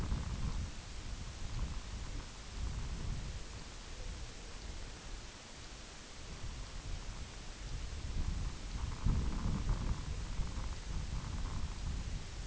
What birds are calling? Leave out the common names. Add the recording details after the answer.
none. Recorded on Arctic tundra, site IGLO-F, on 22 June 2018. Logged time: 04:00